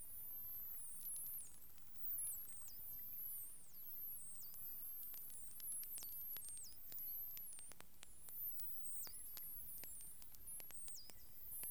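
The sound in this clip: Whale sounds: high whistles curving up and down in short loops, repeated clicks, and a few brief louder bursts against faint steady noise.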